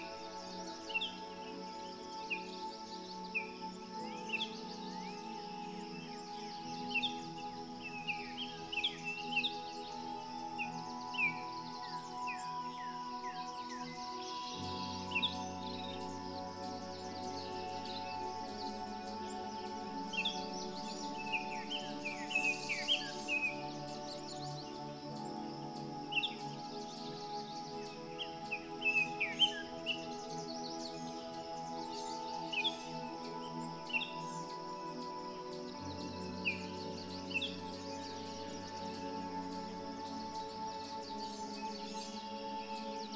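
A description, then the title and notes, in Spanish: Frequent bright birdsong chirps and trills ring out over soft, sustained low music whose chords shift near 15 and 36 seconds. Canto Tranquilizante de los PÁJAROS, Acompañado de MÚSICA Suave. Un bosque sonoro donde el canto tranquilizante de los pájaros te envuelve.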